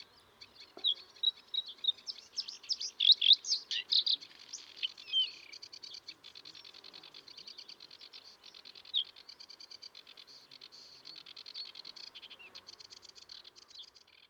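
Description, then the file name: White-spotted bluethroat song, a varied run of high chirps, twangs and ringing notes, then a long stretch of fast, evenly repeated buzzy clicking phrases. "vitstjarnigblahake XC Patrik Aberg"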